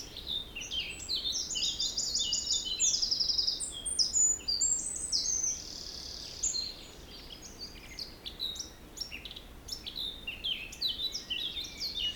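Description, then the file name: Birds singing, dense overlapping high chirps and whistled trills through the whole stretch, with a constant low rush of wind beneath. Forest in spring, windy at force 3 Beaufort, 1 pm. "Forest Spring Birds Windy 3 bft 1 pm"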